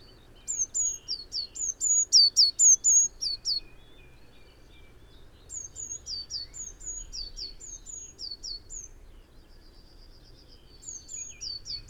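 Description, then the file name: Eurasian blue tit uttering quick, thin, high-pitched notes in a fast series, pausing, then resuming more softly in two later bursts. "Cyanistes caeruleus"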